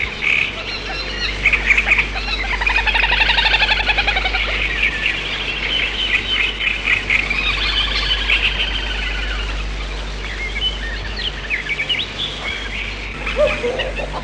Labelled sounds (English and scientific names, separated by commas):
Great Reed Warbler (Acrocephalus arundinaceus) song